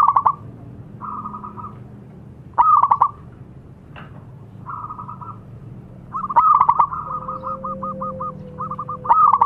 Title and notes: Pancingan Perkutut Durasi Panjang. Suara Burung Perkutut Gacor